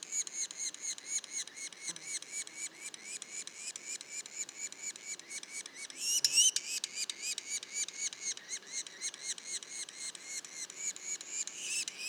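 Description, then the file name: Yellow-bellied sapsucker calls: rapid chattering notes, short squeaks repeated several times a second, with a louder burst midway. Juveniles calling; Mont-Orford National Park, Quebec, Canada. "pic macule. parc national du mont orford"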